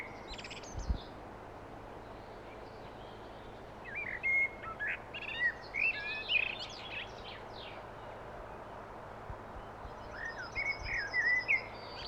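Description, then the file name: Common blackbird singing two mellow, warbled phrases, each trailing into squeaky high twitters, separated by a quiet stretch of background hiss. "Turdus merula"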